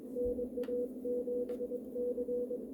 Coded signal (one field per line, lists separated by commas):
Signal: Morse code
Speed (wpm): 23 wpm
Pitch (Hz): 490 Hz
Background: none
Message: NA7C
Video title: KD1JV Tri-Band CW Transceiver Kit